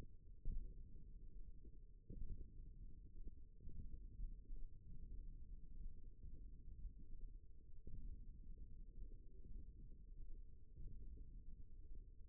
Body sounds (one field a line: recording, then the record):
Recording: forearm muscle sounds (acoustic myography)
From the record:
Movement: hand opening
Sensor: system 1, eight BSWA MPA416 microphones around the upper forearm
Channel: 1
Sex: female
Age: 21 years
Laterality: right